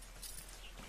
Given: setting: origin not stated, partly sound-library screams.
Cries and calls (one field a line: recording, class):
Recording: one-second piece from a danger detection set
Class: normal situation